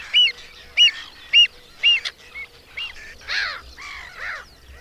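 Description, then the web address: Pied avocet giving clear, fluty single notes repeated about every half second, followed by harsher, overlapping calls. "Madardalok Cd 3. Gulipán"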